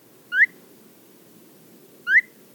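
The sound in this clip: Phainopepla calls: two short rising whistled notes about 1.7 seconds apart, against a quiet background.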